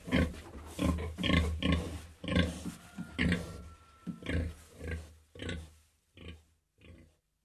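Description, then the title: Pig grunts, a run of deep rough grunts that slow and fade toward the end, with a faint high tone partway through. "Pighomage"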